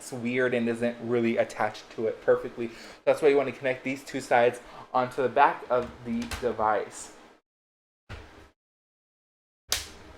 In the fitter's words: hear that snap when it snaps like that you know it's ready and that there goes it